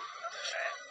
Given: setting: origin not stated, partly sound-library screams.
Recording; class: one-second piece from a danger detection set; woman in danger